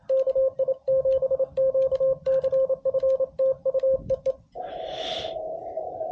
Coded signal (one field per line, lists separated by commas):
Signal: Morse code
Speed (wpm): 28 wpm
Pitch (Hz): 530 Hz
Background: radio noise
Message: KI7QCF TU EE